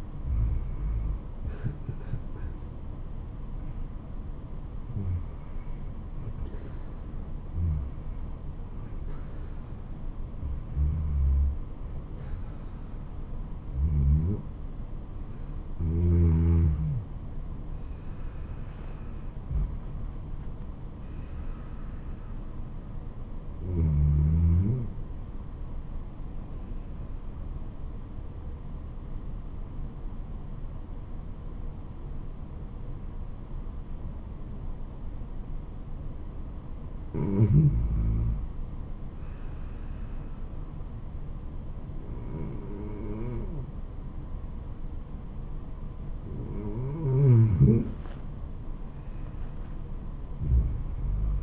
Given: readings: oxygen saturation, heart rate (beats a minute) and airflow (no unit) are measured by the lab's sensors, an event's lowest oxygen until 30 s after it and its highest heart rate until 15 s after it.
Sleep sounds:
breathing in sleep by a smartphone at the bedside; 1
28.00-39.60 s: obstructive apnea (REM, oxygen 96% highest, then 93% lowest, heart rate 86 at the start, 86 highest)
From the record:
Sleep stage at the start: REM sleep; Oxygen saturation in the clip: 94 to 98%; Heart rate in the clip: 79 to 89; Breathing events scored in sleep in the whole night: 426 in 7.4 hours asleep

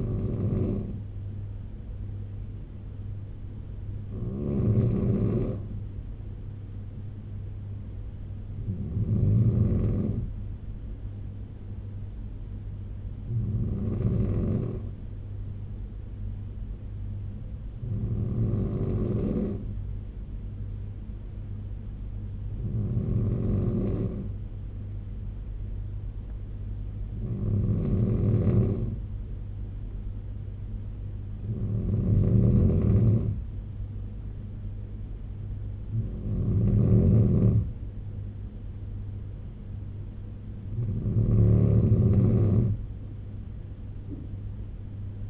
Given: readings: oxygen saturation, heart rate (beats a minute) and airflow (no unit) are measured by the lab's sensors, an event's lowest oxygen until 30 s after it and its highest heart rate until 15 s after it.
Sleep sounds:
breathing in sleep by a smartphone at the bedside; none
none scored
From the record:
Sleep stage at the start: N3 (deep sleep); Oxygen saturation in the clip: 93 to 96%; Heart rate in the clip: 67 to 77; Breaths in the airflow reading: 10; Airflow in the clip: -3.9 to 4.4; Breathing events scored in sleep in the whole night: 201 in 6.5 hours asleep

